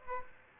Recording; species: mosquito wingbeat signal from an infrared sensor; Aedes aegypti